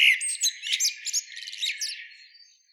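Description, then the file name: Eurasian blackbird making a brief run of high, scratchy chirps that begins loud and fades away within three seconds. "Turdus merula"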